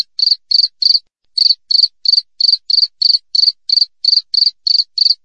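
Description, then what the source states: Cricket chirps, short high pulses repeated about three times a second in an even run, with one brief pause near the start. Clean natural cricket recording with tightly spaced chirps, used as a master track for training songbirds and for repelling rats.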